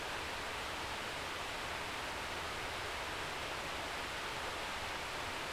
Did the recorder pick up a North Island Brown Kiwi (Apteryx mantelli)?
no